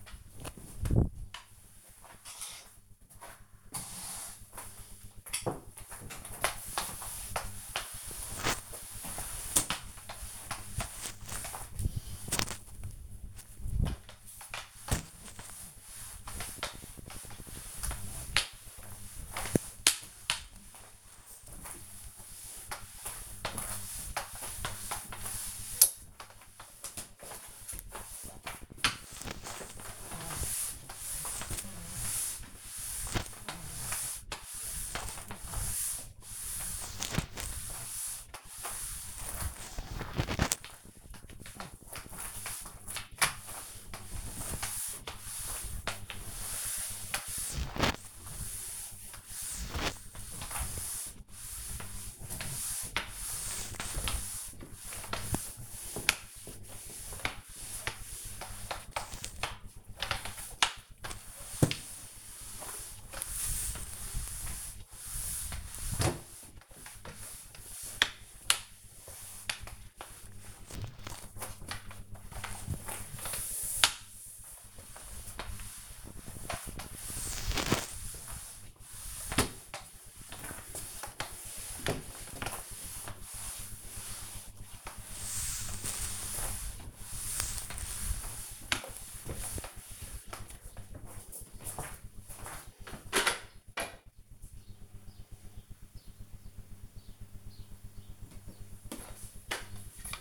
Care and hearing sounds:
household activities, microphone on the right wrist
0.00-91.55 s: floor cleaning
97.59-100.21 s: floor cleaning

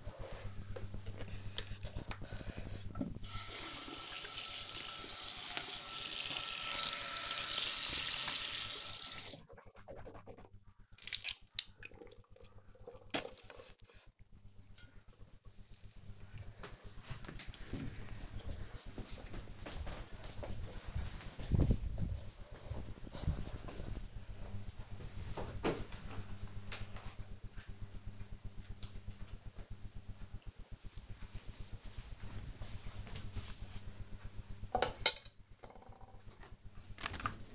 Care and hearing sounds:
household activities, microphone on the right wrist
0.00-13.87 s: brushing teeth
36.00-37.55 s: cleaning out the dishwasher

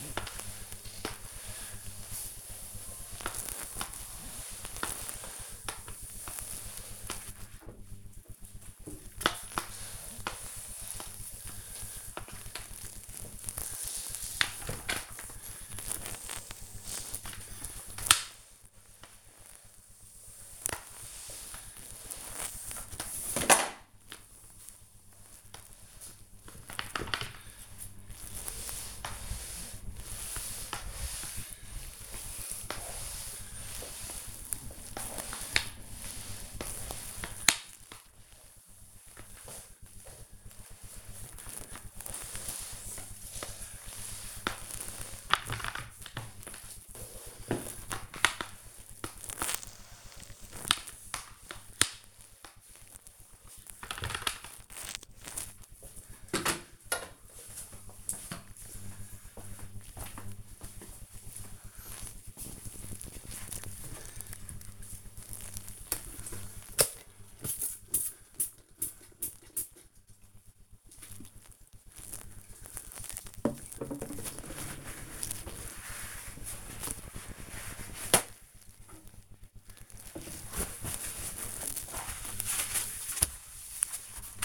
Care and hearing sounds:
household activities, microphone on the right wrist
0.00-53.85 s: floor cleaning
61.92-84.45 s: window cleaning

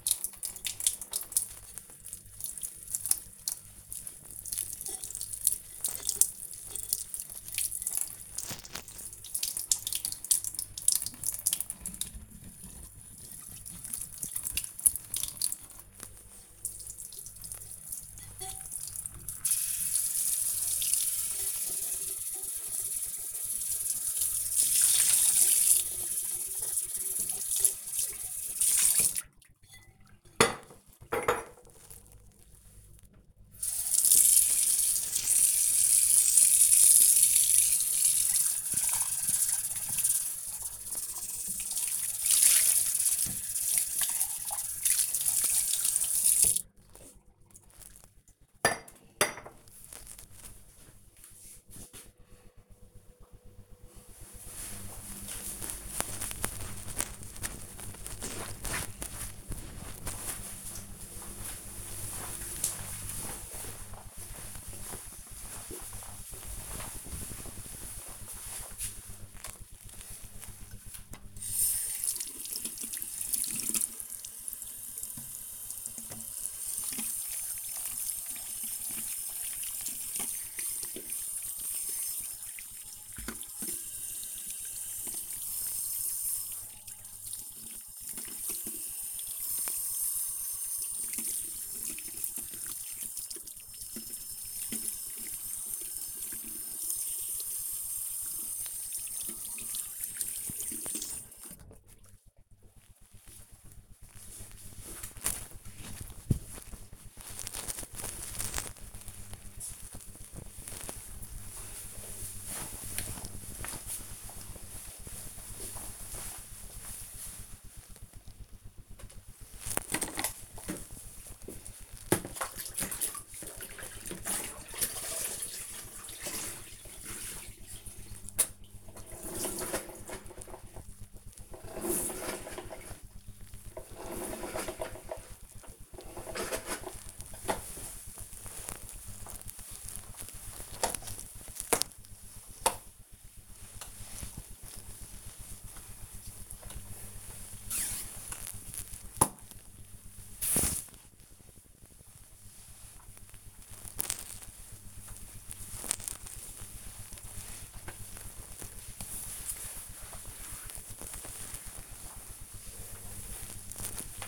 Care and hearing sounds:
household activities, microphone on the right wrist
0.00-47.17 s: washing dishes
69.34-103.59 s: washing hands
118.69-164.28 s: floor cleaning

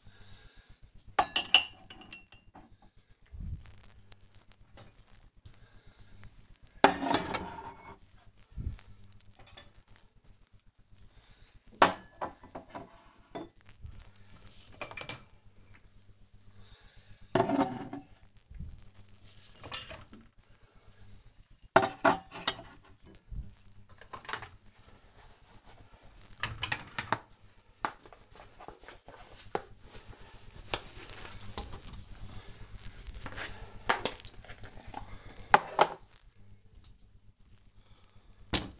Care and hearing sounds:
household activities, microphone on the right wrist
0.00-38.80 s: cleaning out the dishwasher

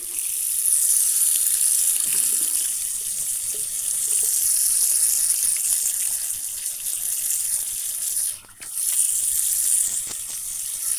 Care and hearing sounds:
household activities, microphone on the right wrist
0.00-10.99 s: washing hands

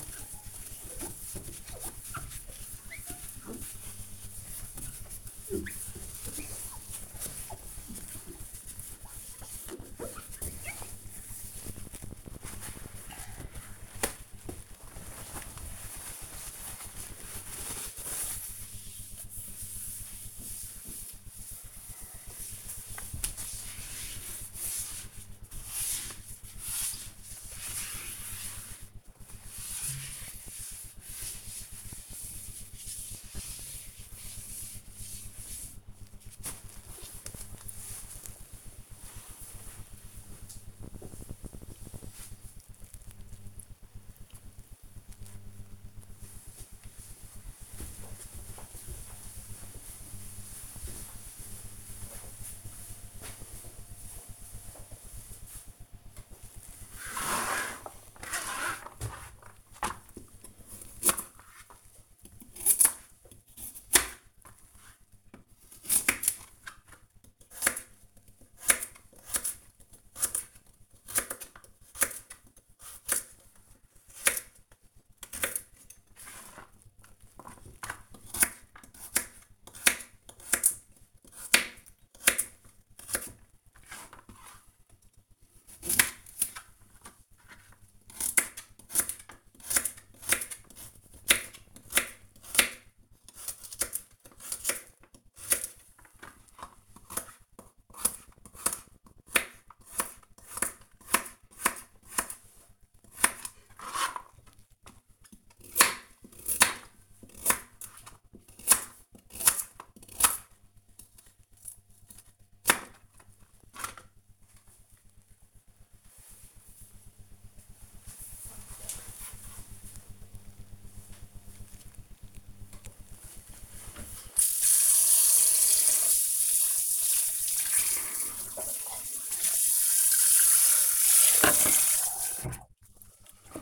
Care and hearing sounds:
household activities, microphone on the right wrist
0.00-37.19 s: window cleaning
55.28-114.57 s: cutting vegetables
122.60-133.62 s: washing dishes

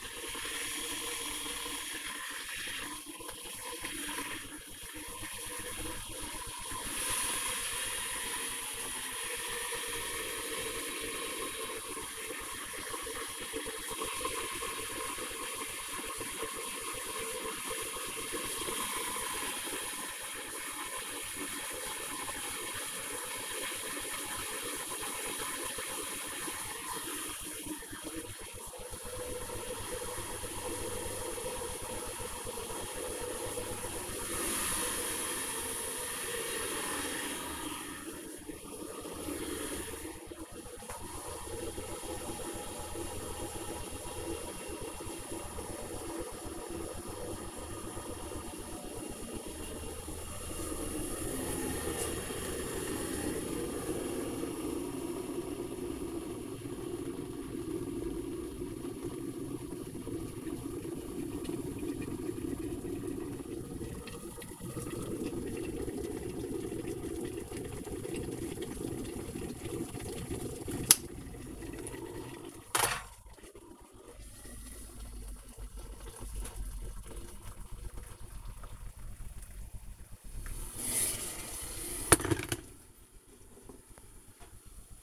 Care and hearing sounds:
household activities, microphone on the right wrist
0.00-81.52 s: making tea
18.03 s: note: next to opened window

